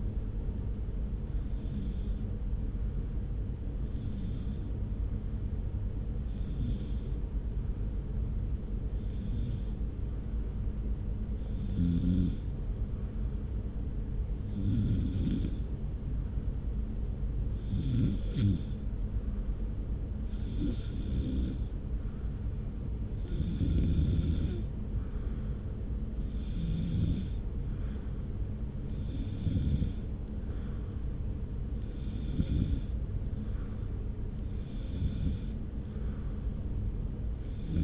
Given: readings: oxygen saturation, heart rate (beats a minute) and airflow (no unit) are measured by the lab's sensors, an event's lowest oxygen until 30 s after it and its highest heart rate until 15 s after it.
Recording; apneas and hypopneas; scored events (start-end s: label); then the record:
breathing in sleep by a smartphone at the bedside; 1
5.00-23.80 s: hypopnea (N2, oxygen 97% highest, then 91% lowest)
From the record:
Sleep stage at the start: N2 (light sleep); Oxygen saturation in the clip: 91 to 97%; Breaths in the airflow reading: 15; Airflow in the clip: -0.8 to 0.9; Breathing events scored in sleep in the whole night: 335 in 6.7 hours asleep